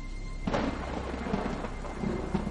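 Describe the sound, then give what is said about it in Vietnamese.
Rain pours down heavily at night in a village in a dense, steady hiss, with a deep rumble of thunder rolling underneath and swelling at moments. No voices are heard. “Một hạt, hai hạt, rồi ngay tức thì sau, mưa ào ào lên dữ dội.”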